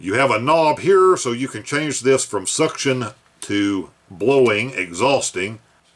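The plastic suction/blow selector knob on a RedTiger rechargeable handheld vacuum body is handled while someone talks. The knob switches the vacuum between suction and blowing. No distinct tick is heard, and nothing has seated or locked into place yet.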